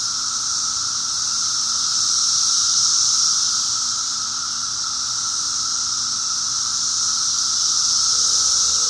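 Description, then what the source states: Steady high-pitched cicada buzzing, slightly swelling and easing, forms an unbroken wall of sound. Recorded in 2004.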